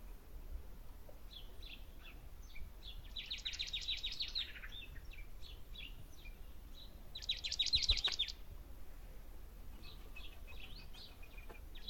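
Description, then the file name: Marsh tit giving two quick rattling runs of high, evenly spaced notes, one around the third second and another near the eighth, with scattered soft chips between. "Poecile palustris"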